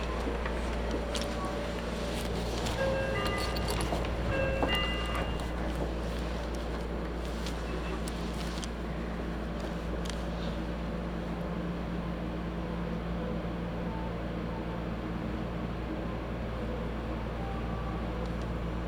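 Riding a Meitetsu Nishio Line train, a steady low rumble of the carriage runs throughout at an even level. In the first nine seconds, sharp metallic clicks, squeals and brief tonal whines from the wheels and track scatter over the hum, then the ride settles into smooth droning.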